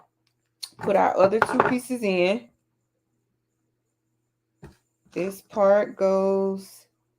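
Someone talks while handling a piece of an in-the-hoop embroidery project, getting it ready to push into its slot on the embroidered item, with a brief sharp handling sound near 0.6 s. The piece has not snapped into its slot, and nothing has seated or clicked yet.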